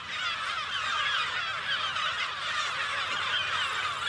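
A dense, steady chorus of herring and lesser black-backed gulls at a colony in the Rotterdam port area (Europoort), calling over one another, shrill squawks and yelps overlapping continuously at an even, loud level with no voices.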